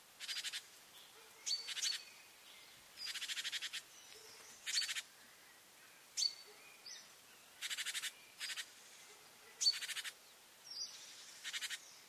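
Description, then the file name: Great tit giving harsh, buzzy churring calls in many short repeated bursts with quiet gaps between. "Parus major"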